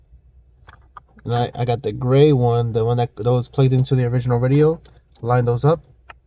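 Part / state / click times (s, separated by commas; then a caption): gray radio plug into the main harness female connector / not seated / none. Someone talks while lining up the gray connector that was plugged into a Honda Civic's original radio with the female connector of the main harness during an Android radio install. Only a few faint ticks of handling are heard near the start and at the very end. Nothing has seated or clicked yet.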